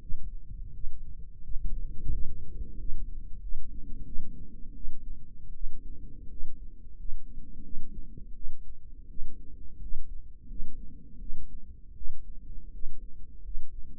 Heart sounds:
heart sounds by microphone in the right ear; 85 bpm
0.72 s: heartbeat
1.42 s: heartbeat
2.10 s: heartbeat
2.76 s: heartbeat
3.40 s: heartbeat
4.04 s: heartbeat
4.74 s: heartbeat
5.53 s: heartbeat
6.28 s: heartbeat
6.96 s: heartbeat
7.63 s: heartbeat
8.34 s: heartbeat
9.08 s: heartbeat
9.79 s: heartbeat
10.47 s: heartbeat
11.19 s: heartbeat
11.94 s: heartbeat
12.71 s: heartbeat
13.42 s: heartbeat
From the record:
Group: healthy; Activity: rest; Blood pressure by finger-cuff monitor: 93/64 mmHg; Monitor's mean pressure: 72 mmHg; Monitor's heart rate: 86 bpm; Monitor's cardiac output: 6.4 L/min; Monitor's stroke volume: 73 mL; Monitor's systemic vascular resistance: 830 dyn s/cm5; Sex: female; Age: 22 years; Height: 163 cm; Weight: 67.1 kg

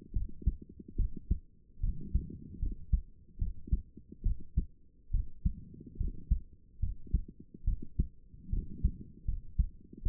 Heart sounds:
heart sounds by stethoscope; 73 bpm
0.13 s: heartbeat
0.96 s: heartbeat
1.80 s: heartbeat
2.59 s: heartbeat
3.38 s: heartbeat
4.22 s: heartbeat
5.11 s: heartbeat
5.97 s: heartbeat
6.79 s: heartbeat
7.64 s: heartbeat
8.49 s: heartbeat
9.25 s: heartbeat
10.02 s: heartbeat
From the record:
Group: healthy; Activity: rest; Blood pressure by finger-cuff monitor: 135/75 mmHg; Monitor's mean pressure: 93 mmHg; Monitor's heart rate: 73 bpm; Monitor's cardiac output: 6.8 L/min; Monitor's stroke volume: 93 mL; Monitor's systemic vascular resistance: 1010 dyn s/cm5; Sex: female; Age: 22 years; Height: 154 cm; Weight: 58.7 kg

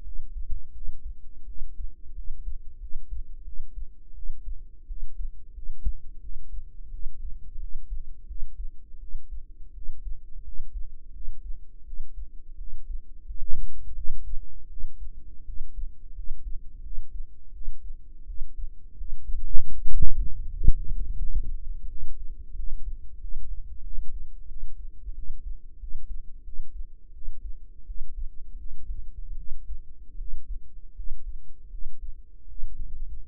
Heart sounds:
heart sounds by microphone in the right ear; 85 bpm
0.02 s: heartbeat
0.71 s: heartbeat
1.45 s: heartbeat
2.13 s: heartbeat
2.78 s: heartbeat
3.43 s: heartbeat
4.13 s: heartbeat
4.86 s: heartbeat
5.53 s: heartbeat
6.19 s: heartbeat
6.90 s: heartbeat
7.58 s: heartbeat
8.26 s: heartbeat
8.98 s: heartbeat
9.72 s: heartbeat
10.43 s: heartbeat
11.11 s: heartbeat
11.83 s: heartbeat
12.56 s: heartbeat
13.25 s: heartbeat
13.94 s: heartbeat
14.67 s: heartbeat
15.44 s: heartbeat
16.14 s: heartbeat
16.81 s: heartbeat
17.51 s: heartbeat
18.25 s: heartbeat
18.95 s: heartbeat
19.69 s: heartbeat
20.45 s: heartbeat
21.17 s: heartbeat
21.86 s: heartbeat
22.54 s: heartbeat
23.18 s: heartbeat
23.81 s: heartbeat
24.46 s: heartbeat
25.13 s: heartbeat
25.78 s: heartbeat
26.43 s: heartbeat
27.12 s: heartbeat
27.84 s: heartbeat
28.56 s: heartbeat
29.35 s: heartbeat
30.16 s: heartbeat
30.94 s: heartbeat
31.69 s: heartbeat
32.46 s: heartbeat
33.23 s: heartbeat
From the record:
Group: healthy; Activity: rest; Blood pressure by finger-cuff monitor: 94/59 mmHg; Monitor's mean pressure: 72 mmHg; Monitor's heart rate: 86 bpm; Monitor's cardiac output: 7.3 L/min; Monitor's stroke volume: 85 mL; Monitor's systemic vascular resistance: 710 dyn s/cm5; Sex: female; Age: 19 years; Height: 163 cm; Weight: 48.9 kg

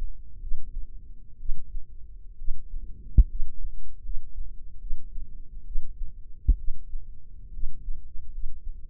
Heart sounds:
heart sounds by microphone in the left ear; 68 bpm
0.40 s: heartbeat
1.39 s: heartbeat
2.37 s: heartbeat
3.28 s: heartbeat
4.02 s: heartbeat
4.79 s: heartbeat
5.65 s: heartbeat
6.57 s: heartbeat
7.52 s: heartbeat
8.31 s: heartbeat
From the record:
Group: healthy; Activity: rest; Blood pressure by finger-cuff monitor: 98/61 mmHg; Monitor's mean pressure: 73 mmHg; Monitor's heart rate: 71 bpm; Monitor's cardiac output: 6.4 L/min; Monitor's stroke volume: 88 mL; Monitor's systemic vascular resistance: 820 dyn s/cm5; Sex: female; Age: 22 years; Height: 157 cm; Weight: 47.6 kg

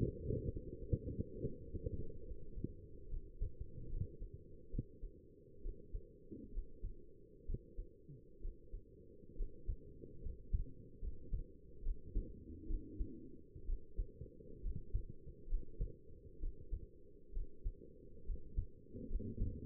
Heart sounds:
heart sounds by stethoscope; 68 bpm
0.51 s: heartbeat
1.43 s: heartbeat
2.27 s: heartbeat
3.10 s: heartbeat
3.90 s: heartbeat
4.72 s: heartbeat
5.63 s: heartbeat
6.54 s: heartbeat
7.47 s: heartbeat
8.42 s: heartbeat
9.38 s: heartbeat
10.23 s: heartbeat
11.02 s: heartbeat
11.84 s: heartbeat
12.68 s: heartbeat
13.67 s: heartbeat
14.63 s: heartbeat
15.50 s: heartbeat
16.41 s: heartbeat
17.34 s: heartbeat
18.27 s: heartbeat
19.10 s: heartbeat
From the record:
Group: healthy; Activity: rest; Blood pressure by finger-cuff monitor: 79/49 mmHg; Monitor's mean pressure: 59 mmHg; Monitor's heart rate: 66 bpm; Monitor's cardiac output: 6.3 L/min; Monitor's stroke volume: 94 mL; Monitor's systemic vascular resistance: 660 dyn s/cm5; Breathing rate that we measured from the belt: 15 breaths a minute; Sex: male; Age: 22 years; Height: 181 cm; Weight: 79 kg

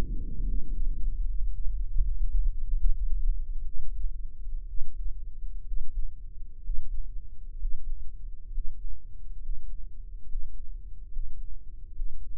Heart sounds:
heart sounds by microphone in the right ear; 68 bpm
0.43 s: heartbeat
1.23 s: heartbeat
1.99 s: heartbeat
2.75 s: heartbeat
3.62 s: heartbeat
4.65 s: heartbeat
5.63 s: heartbeat
6.60 s: heartbeat
7.55 s: heartbeat
8.47 s: heartbeat
9.36 s: heartbeat
10.22 s: heartbeat
11.06 s: heartbeat
11.88 s: heartbeat
From the record:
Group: healthy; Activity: breath hold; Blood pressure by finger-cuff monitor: 126/77 mmHg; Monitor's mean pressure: 90 mmHg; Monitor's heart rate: 68 bpm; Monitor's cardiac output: 6.9 L/min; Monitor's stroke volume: 106 mL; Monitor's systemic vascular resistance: 960 dyn s/cm5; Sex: male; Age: 23 years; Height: 178 cm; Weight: 96.6 kg

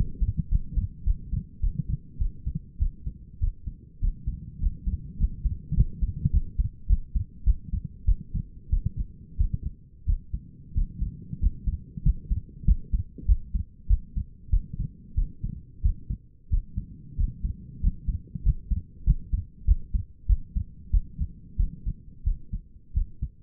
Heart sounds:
heart sounds by stethoscope; 96 bpm
0.50 s: heartbeat
1.05 s: heartbeat
1.61 s: heartbeat
2.19 s: heartbeat
2.80 s: heartbeat
3.41 s: heartbeat
4.01 s: heartbeat
4.61 s: heartbeat
5.19 s: heartbeat
5.75 s: heartbeat
6.32 s: heartbeat
6.88 s: heartbeat
7.45 s: heartbeat
8.06 s: heartbeat
8.71 s: heartbeat
9.38 s: heartbeat
10.07 s: heartbeat
10.75 s: heartbeat
11.41 s: heartbeat
12.04 s: heartbeat
12.66 s: heartbeat
13.27 s: heartbeat
13.88 s: heartbeat
14.51 s: heartbeat
15.16 s: heartbeat
15.83 s: heartbeat
16.51 s: heartbeat
17.17 s: heartbeat
17.81 s: heartbeat
18.44 s: heartbeat
19.05 s: heartbeat
19.66 s: heartbeat
20.27 s: heartbeat
20.92 s: heartbeat
21.57 s: heartbeat
22.25 s: heartbeat
22.94 s: heartbeat
From the record:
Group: healthy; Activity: cold pressor test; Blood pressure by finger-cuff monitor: 128/79 mmHg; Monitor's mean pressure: 94 mmHg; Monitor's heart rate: 97 bpm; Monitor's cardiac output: 6.7 L/min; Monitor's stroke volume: 70 mL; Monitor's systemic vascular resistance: 1030 dyn s/cm5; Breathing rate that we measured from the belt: 9 breaths a minute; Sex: female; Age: 37 years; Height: 168 cm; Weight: 70 kg

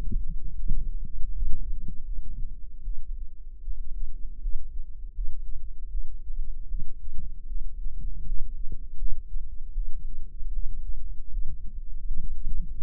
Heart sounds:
heart sounds by microphone in the right ear; 78 bpm
0.54 s: heartbeat
1.30 s: heartbeat
2.03 s: heartbeat
2.82 s: heartbeat
3.61 s: heartbeat
4.40 s: heartbeat
5.12 s: heartbeat
5.89 s: heartbeat
6.66 s: heartbeat
7.45 s: heartbeat
8.24 s: heartbeat
8.96 s: heartbeat
9.72 s: heartbeat
10.51 s: heartbeat
11.29 s: heartbeat
12.03 s: heartbeat
12.79 s: heartbeat
From the record:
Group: healthy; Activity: rest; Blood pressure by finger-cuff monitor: 86/63 mmHg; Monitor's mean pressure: 72 mmHg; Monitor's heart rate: 78 bpm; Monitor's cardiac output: 5.4 L/min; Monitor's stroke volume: 70 mL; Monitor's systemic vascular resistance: 920 dyn s/cm5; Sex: female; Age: 22 years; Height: 160 cm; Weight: 45 kg

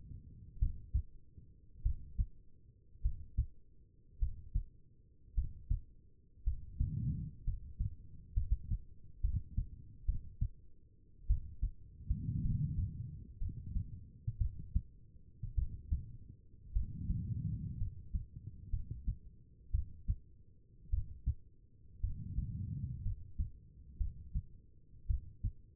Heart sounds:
heart sounds by stethoscope; 56 bpm
0.60 s: heartbeat
1.83 s: heartbeat
3.03 s: heartbeat
4.20 s: heartbeat
5.35 s: heartbeat
6.44 s: heartbeat
7.45 s: heartbeat
8.34 s: heartbeat
9.22 s: heartbeat
10.06 s: heartbeat
11.27 s: heartbeat
12.42 s: heartbeat
13.39 s: heartbeat
14.38 s: heartbeat
15.55 s: heartbeat
16.73 s: heartbeat
17.78 s: heartbeat
18.71 s: heartbeat
19.71 s: heartbeat
20.90 s: heartbeat
22.01 s: heartbeat
23.03 s: heartbeat
23.98 s: heartbeat
25.07 s: heartbeat
From the record:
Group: healthy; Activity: rest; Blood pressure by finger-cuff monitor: 101/65 mmHg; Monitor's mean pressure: 76 mmHg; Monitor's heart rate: 54 bpm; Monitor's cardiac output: 4.5 L/min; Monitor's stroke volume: 79 mL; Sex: female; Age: 36 years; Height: 163 cm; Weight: 88 kg

